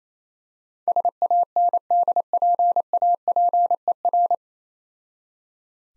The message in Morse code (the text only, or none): SANDPAPER